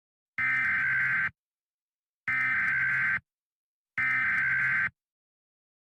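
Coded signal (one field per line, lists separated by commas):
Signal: Emergency Alert System (SAME) tones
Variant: header bursts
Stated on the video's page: Real tornado watch and warning EAS alerts recorded in Mississippi, with outdoor storm sirens also sounding.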